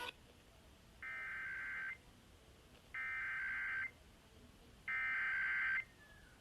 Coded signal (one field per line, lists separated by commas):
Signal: Emergency Alert System (SAME) tones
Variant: header bursts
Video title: EAS #300| Required Monthly Test| WSTH-FM